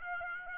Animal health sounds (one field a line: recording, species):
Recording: mosquito wingbeat signal from an infrared sensor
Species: Aedes aegypti